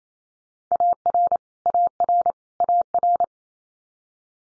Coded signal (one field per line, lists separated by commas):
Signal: Morse code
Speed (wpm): 28 wpm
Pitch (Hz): 700 Hz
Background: none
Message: AR AR AR